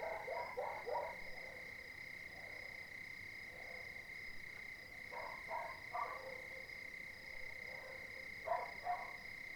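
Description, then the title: Dogs barking in short bouts of a few barks, pausing between bouts, against an unbroken chorus of crickets. Several dogs barking at night, 02:59, 20 January 2019, Cilaos, quartier des Étangs, Réunion; nearest dog silent, farther dogs and crickets heard; neighbourhood overrun with dogs. "CILAOS quartier des Étangs - 20190120_02h59 chiens pour la nuit"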